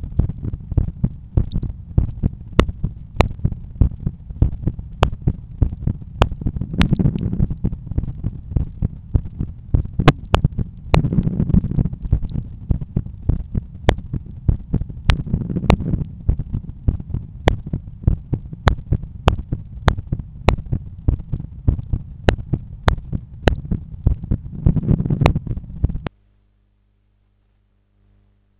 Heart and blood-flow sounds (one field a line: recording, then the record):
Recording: heart sounds by stethoscope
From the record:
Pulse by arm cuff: 100 bpm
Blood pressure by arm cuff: 123/82 mmHg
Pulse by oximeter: 101 bpm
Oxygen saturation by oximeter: 96%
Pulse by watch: 102 bpm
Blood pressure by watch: 126/83 mmHg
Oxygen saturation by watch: 94%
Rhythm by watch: sinus rhythm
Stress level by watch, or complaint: low stress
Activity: after lunch and office activities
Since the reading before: plus 1500 steps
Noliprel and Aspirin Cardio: after pills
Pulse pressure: 41 mmHg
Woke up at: 7:20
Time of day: 15:56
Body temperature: 36.1 C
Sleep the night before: 8 h 11 min, score 61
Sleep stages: REM 22%, light 68%, deep 3%, awake 7%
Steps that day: 9500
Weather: sunny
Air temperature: 27.6 C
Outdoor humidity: 50%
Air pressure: 1015 hPa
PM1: 9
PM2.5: 13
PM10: 15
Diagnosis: hypertension, treated with Noliprel and Aspirin Cardio 100 mg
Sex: male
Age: 53 years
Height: 174 cm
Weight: 81 kg